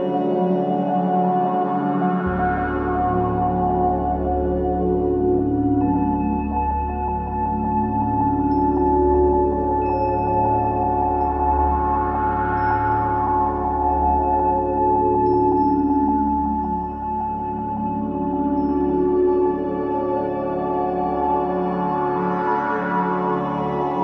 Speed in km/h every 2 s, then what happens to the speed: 0, 0, 0, 0, 0, 0, 0, 0, 0, 0, 0, 0.
0-24 standing.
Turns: none.